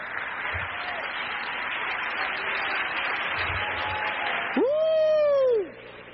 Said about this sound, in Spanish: Dale un aplauso al Señor, que Él es bueno.